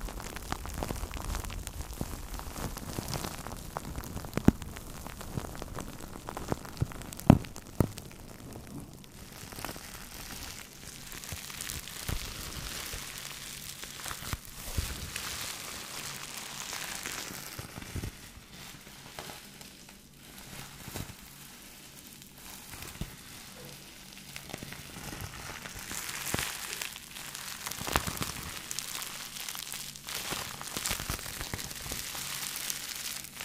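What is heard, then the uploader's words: Steady crinkling and rustling of bags and plastic foil, dense crackly texture throughout with sharp clicks near 4 and 7 seconds. Crinkle Sounds. Knistern und Rascheln durch Tüten, Folien und mehr.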